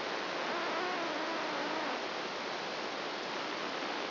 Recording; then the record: brain microelectrode recording played as sound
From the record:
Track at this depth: outside the subthalamic nucleus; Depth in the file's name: -0.31 mm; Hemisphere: right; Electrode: 2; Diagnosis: Parkinson's disease